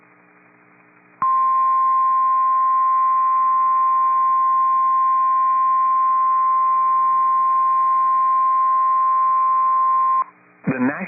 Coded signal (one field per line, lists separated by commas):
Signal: Emergency Alert System (SAME) tones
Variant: 1050 Hz attention tone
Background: speech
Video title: EAS Timeline | Destructive February PDS Tornadoes in Wisconsin and AMBER Alerts | NOAA Weather Radio